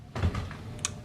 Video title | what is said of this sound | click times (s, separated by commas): Simple Meal Prep For Beginners | okay you're going to close the top make sure it clicks then | 0.8 s